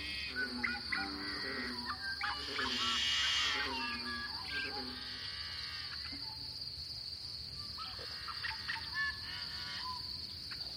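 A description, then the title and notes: A lively dawn chorus fills a pothole coulee in Eastern Washington, with many birds singing and calling at once in bright chirps and warbling phrases. A steady high insect-like buzz runs throughout, and a low rumble sits beneath. The chorus is busiest in the first four seconds. This lively dawn chorus was recorded in a small pothole coulee in Eastern Washington, one of the numerous Seep Lakes of the Channeled Scablands. This is the Columbia Plateau, a large basalt flow cut through by the Columbia River. This is a true Dawn chorus.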